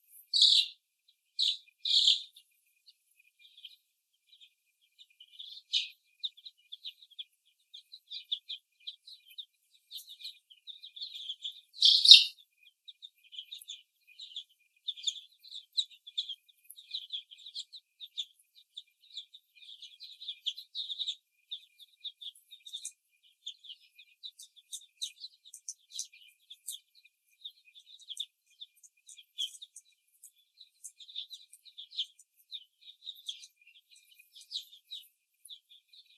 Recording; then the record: young laying hens in a cage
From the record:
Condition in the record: before the stressor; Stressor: simulated dog barking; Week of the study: 1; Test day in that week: 2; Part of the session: 3